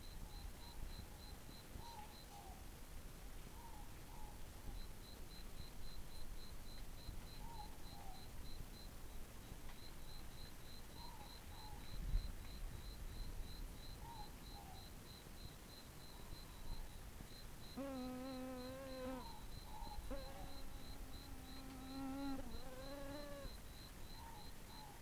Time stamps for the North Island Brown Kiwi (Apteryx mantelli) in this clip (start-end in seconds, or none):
none